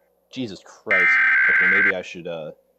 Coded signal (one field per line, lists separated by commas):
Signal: Emergency Alert System (SAME) tones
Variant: header bursts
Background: speech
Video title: My 10 Favorite EAS Scenarios (With Honorable Mentions)/watching random videos at the end.